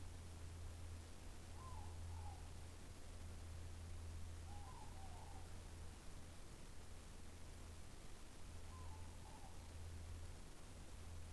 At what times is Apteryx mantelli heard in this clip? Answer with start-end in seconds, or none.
none